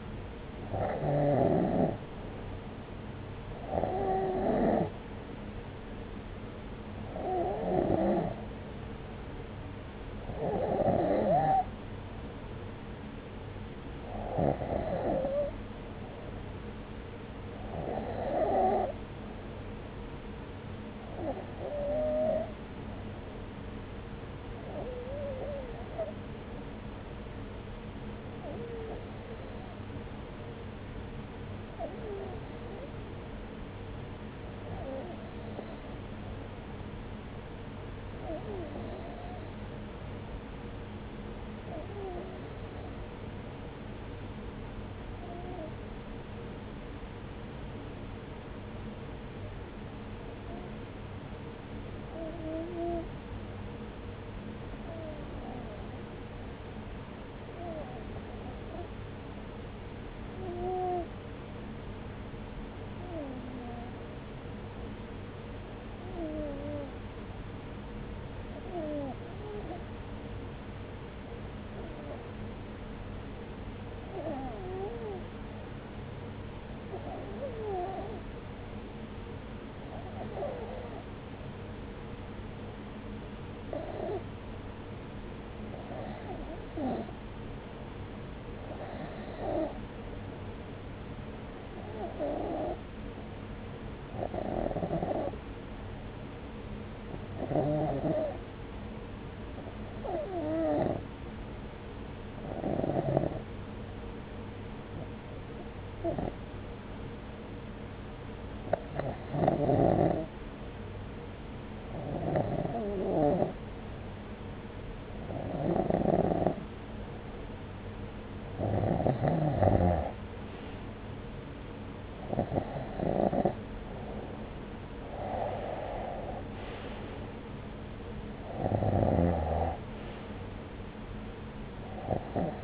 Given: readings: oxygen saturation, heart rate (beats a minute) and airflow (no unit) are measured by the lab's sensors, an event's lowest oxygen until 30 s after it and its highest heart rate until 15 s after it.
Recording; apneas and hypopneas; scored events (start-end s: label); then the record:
breathing in sleep by a voice recorder at the bedside; 1
29.00-120.00 s: hypopnea (N2, oxygen 94% highest, then 88% lowest)
38.00-132.64 s: new sleep stage, REM sleep
From the record:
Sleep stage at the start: N2 (light sleep); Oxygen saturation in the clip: 89 to 94%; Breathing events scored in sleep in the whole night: 303 in 8.1 hours asleep